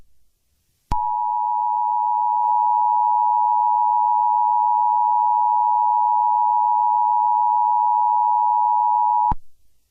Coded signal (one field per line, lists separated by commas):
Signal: Emergency Alert System (SAME) tones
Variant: 853 and 960 Hz attention tone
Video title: Mario EAS Scenario: Haunted Mansion